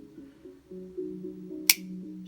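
The main steel blade of a vintage Western 062 two-blade folding hunting knife is folded shut against its backspring over low, steady background tones. At 1.7 s it snaps closed into its handle with a single sharp, loud snap, and the blade is fully closed.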